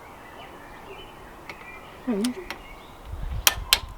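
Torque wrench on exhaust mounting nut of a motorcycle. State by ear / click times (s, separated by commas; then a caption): torque reached / 3.5 s, 3.7 s. A torque wrench set to 21 Nm tightens the exhaust mounting nut on a Honda CRF250R motorcycle fitted with a Yoshimura RS-9 twin exhaust. Someone talks, then sharp clicks at 3.5 s and 3.7 s mark the wrench breaking over, confirming the nut is at the right torque setting.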